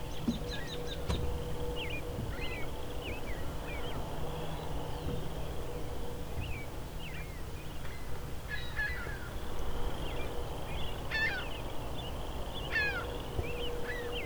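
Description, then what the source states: Ring-billed gulls keep up a loose chorus of high, squealing cries, some in quick clustered bursts, over steady low background rumble. Ring-billed gulls calling out to each other; one circled back.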